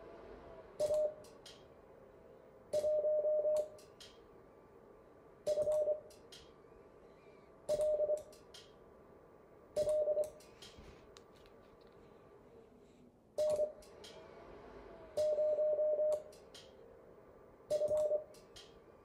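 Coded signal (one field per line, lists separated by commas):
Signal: Morse code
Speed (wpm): 25 wpm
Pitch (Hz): 600 Hz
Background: none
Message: A1FLL N0F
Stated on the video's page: Morse code make-up class session.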